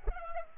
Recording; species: mosquito wingbeat signal from an infrared sensor; Culex pipiens